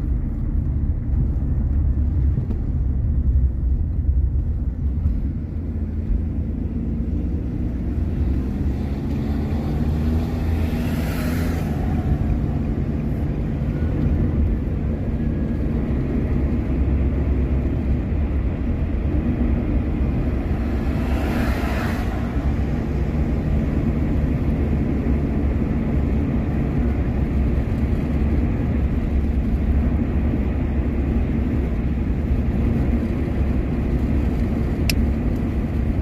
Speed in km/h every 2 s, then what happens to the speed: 24, 24, 26, 29, 37, 43, 50, 56, 59, 57, 57, 62, 67, 68, 69, 68, 68, 68.
0-15 speeds up to 59. 15-20 steady at about 57. 20-25 speeds up to 68. 25-36 steady at about 68.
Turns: 0-8.